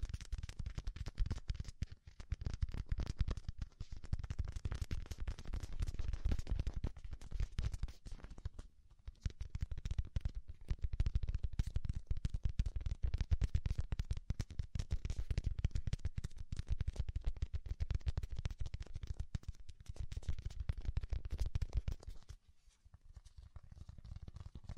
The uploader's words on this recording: ASMR Deep Ear Tingles Soft & Fluffy Triggers (No Talking).